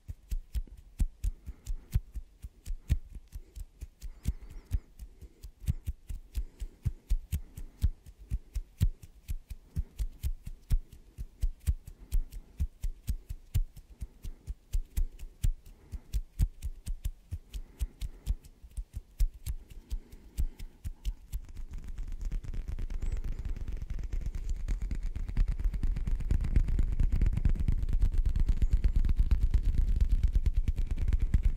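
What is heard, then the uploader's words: Rapid, sharp clicks and taps from hands fill the first twenty seconds, dense, like fingers drumming or snapping in quick irregular bursts. After about twenty-two seconds the sound thickens into a louder, low rumbling rub with a steady roar underneath. INTENSE HAND SOUNDS ASMR NO TALKING.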